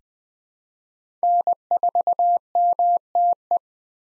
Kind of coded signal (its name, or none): Morse code